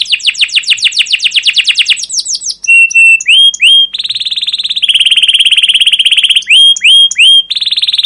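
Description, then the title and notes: Canary song: rapid falling trills, then clear sustained whistles and hooked notes, alternating with long buzzy rolling trills. Canary song with long continuous chirping, used as a lure and master recording to train young canaries to learn sounds. "CUIT CUIT NGEROL LANGSUNG GACOR PANJANG Kenari Ini AMPUH Utk Pancingan KENAR. PANCINGAN Kenari GACOR PANJANG Cuit CUIT EMOSI ini AMPUH utk MASTERAN Kenari PAUD belajar BUNYI. burung kenari"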